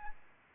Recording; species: mosquito wingbeat signal from an infrared sensor; Aedes albopictus